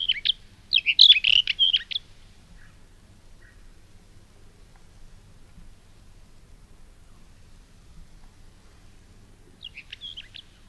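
Mourning wheatear giving a short scratchy, warbled phrase of rapid high chirps near the start, then a quieter similar phrase at the end after a long pause.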